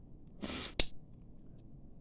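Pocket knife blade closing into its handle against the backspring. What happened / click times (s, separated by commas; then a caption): The folding blade snapped shut / 0.8 s. A blade of a bone-handled trapper pocket knife is closed into its handle against the backspring. A brief breathy rustle from about 0.4 to 0.7 s is followed by one sharp, bright snap at 0.8 s, then quiet. The blade snaps home with a good, firm snap, and both blades on the knife close with the same snap.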